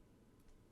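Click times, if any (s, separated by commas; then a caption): none. An extra plastic lower-jaw piece is handled against the head of a LEGO Jurassic Park Dilophosaurus figure from set 76958 Ambush. Only soft low handling noise and faint rustle are heard, with a slight rise around 0.5 s. The jaw has not clicked into place yet.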